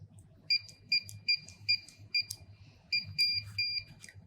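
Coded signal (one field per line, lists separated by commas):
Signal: beep code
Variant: USAutomatic wireless keypad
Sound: five quick high keypress beeps, then two longer confirmation beeps from a keypad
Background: low rumble, handling noise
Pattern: 2 long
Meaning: Master password and delete command accepted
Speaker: your keypad should beep twice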